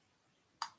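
A metal locking pin on a surgical drain device is moved back into the lock position, giving a single sharp click at 0.6 s after near silence. The pin seats locked.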